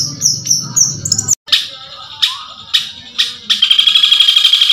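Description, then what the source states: Long-tailed shrike song: high thin notes and a low buzzy sound, a brief gap, a few sharp spaced notes, then a fast buzzy trill. Masteran (training recording) of cendet song.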